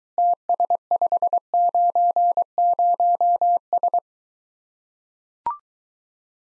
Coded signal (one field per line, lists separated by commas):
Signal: Morse code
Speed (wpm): 23 wpm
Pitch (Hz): 700 Hz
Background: none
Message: TS590S